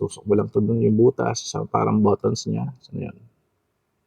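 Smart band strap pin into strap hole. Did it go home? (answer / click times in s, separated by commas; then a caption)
no / none. Someone talks while handling the rubber strap of a Xiaomi Smart Band 10, getting ready to push the buckle pin through the strap hole to fasten it on the wrist. Only speech is heard, then silence from about 3.3 s; nothing has seated or clicked yet.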